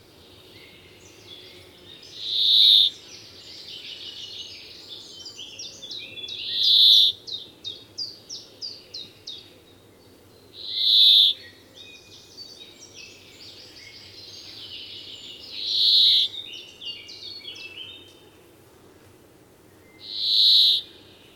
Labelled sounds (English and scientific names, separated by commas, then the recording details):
Brambling (Fringilla montifringilla)
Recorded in the wild
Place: Glowe, Insel Rügen, Mecklenburg-Vorpommern, DE
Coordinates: 54.577, 13.442
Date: 1975-07-06
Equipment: Nagra III BH, Sennheiser MD 21, parabola
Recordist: Schubert, Michael